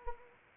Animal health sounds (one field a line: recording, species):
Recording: mosquito wingbeat signal from an infrared sensor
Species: Anopheles arabiensis